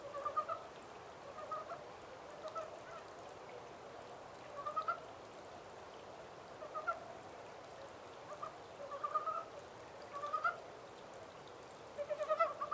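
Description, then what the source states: Montane brown frog calls: scattered brief bursts of pulsed croaking, fairly faint over a steady hiss. 14 April 2010.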